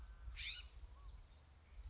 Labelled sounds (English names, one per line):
California Scrub-Jay